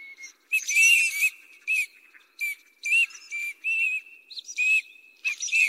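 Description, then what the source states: Eurasian teal giving short, clear whistled 'krik' notes, repeated irregularly in quick bursts with a few rougher, buzzy notes mixed in. Recorded at Miyaike pond, Kagawa Prefecture, Japan.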